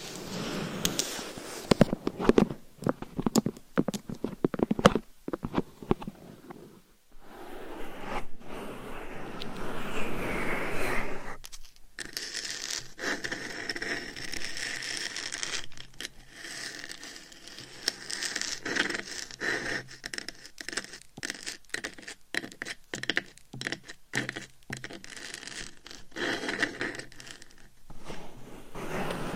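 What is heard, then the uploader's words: Claws scratch and tap against a microphone in dense, crackly bursts, pausing briefly around seven and eleven seconds before resuming sharper, brighter scraping. ASMR Binaural Mic Scratching & Tapping with Claws. No Talking.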